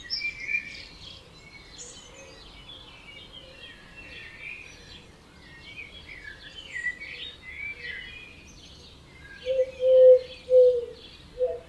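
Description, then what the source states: Birds singing at dawn: steady high chirping and warbling from several singers, then a few loud low hoots near the end. Dawn chorus at 4 am in Oberhofen, Inntal, Austria; binaural recording made for headphones.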